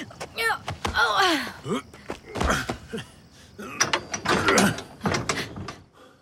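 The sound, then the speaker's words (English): Heavy train mechanisms clank and ratchet as a train with boxcars begins to move in the dark: a run of irregular metallic knocks and grinding rattles, with a few brief squealing tones mixed in. “We're moving.”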